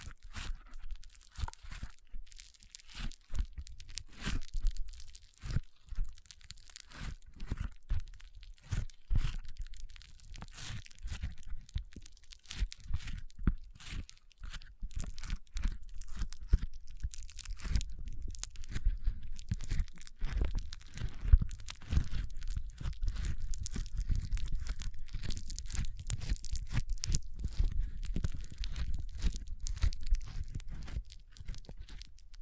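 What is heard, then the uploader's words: Foam is rubbed and squeezed in a dense run of crackling, tearing, crunchy scrapes. The first fifteen seconds come in bursts with short gaps. After that the rubbing grows steadier and fuller, with a heavier low rumble beneath it, continuing to the end. ASMR Powerful Foam Brain Massage.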